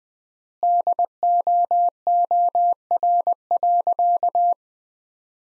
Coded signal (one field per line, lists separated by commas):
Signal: Morse code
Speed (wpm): 21 wpm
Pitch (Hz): 700 Hz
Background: none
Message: DOOR.